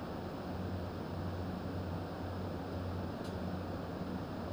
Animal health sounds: poultry house recording; no chicken sound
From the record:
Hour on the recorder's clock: 0

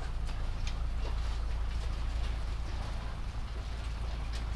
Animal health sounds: poultry house recording; sick chickens (respiratory disease)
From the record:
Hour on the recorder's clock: 22

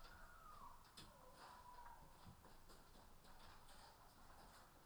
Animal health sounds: poultry house recording; healthy chickens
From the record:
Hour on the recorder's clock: 13

